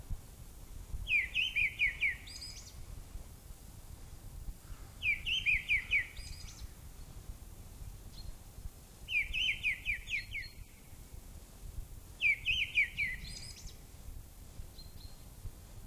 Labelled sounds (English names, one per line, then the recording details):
Mistle Thrush song
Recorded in the wild
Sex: male
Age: adult
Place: Möhrendorf, Bayern, DE
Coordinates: 49.6372, 10.9831
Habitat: pond
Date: 1962
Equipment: Stellavox SM 5, Original, Vollspur
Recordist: Tretzel, Erwin